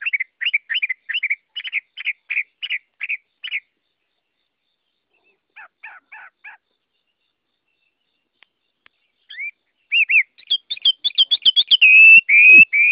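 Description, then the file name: Chinese hwamei song opening with a fast string of repeated chirps, a long silent gap with a few soft notes, then loud rolling whistles at the end. Song in the 'forest voice' (giọng rừng) style. "Tieng hoa mi hot giong rung"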